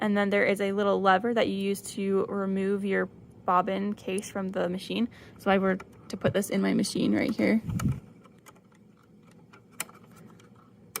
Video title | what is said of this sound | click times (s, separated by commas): How to Thread the Bernina B 335 Sewing Machine v2 | and I push it until it clicks um it's kind of hard to get out but if I use my little tab here | 11.0 s